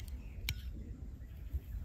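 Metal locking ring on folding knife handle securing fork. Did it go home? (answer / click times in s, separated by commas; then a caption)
yes / 0.5 s. A metal safety locking ring on an Opinel folding knife handle is turned to lock a fork that has been clipped into the handle. A sharp metallic click at 0.5 s marks the ring seating, with faint ticks near the start over low background noise. The fork is locked in place.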